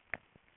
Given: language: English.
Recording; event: throat vibration sensor signal played as sound; swallow